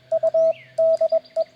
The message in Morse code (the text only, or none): U DE